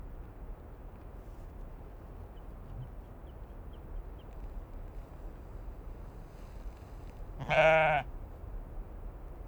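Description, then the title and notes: Sheep giving one loud, wavering harmonic bleat lasting about half a second, against a background of constant wind noise. Sheep numerous on the slopes to Kallur Lighthouse, northern Kalsoy, Faroe Islands, in strong wind; Sonosax SXM2D2 and iPhone, wav 96kHz/24b, MS in Cinela PIA2. "Moutons de Kallur LightHouse Féroé, 959Q+87 Trøllanes, Îles Féroé. Ces Moutons sont nombreux sur les versants qui conduisent au Phare de Kallur, et quel bonheur dans ce vent fort!!! Un bout du monde, perché en vigie au nord de Kalsoy, une des Iles des Féroé"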